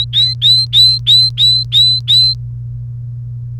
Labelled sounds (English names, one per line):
Domestic Canary song